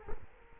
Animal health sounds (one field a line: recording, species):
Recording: mosquito wingbeat signal from an infrared sensor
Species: Culex quinquefasciatus